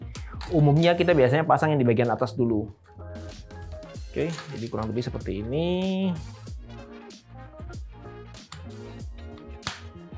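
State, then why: Seated. While building a mini-ITX PC, the upper cable connector is fitted first into its socket inside the Geeek A30 V2 mini-ITX case, with someone talking over background music and faint handling noises. A sharp click at 9.7 s marks the connector locking in, and it is confirmed seated.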